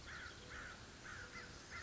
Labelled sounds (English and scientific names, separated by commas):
American Crow (Corvus brachyrhynchos)